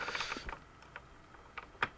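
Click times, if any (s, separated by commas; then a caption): none. A metal locking pin is pushed by hand toward the lined-up rigging holes of the next cabinet in a ProReck PR-212T line-array speaker set. Brief metallic ticks and light rattles are heard over a low background, with the sharpest tick near the end. Nothing has seated or clicked yet.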